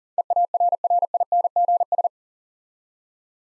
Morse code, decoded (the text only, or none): EARRINGS